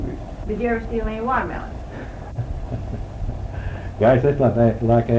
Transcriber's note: laughs